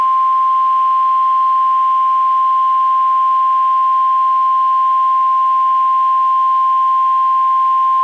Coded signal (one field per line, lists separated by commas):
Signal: Emergency Alert System (SAME) tones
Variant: 1050 Hz attention tone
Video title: EAS Mini-Compilation 2022 Illinois/Kentucky Statewide Tornado Drills NOAA Weather Radio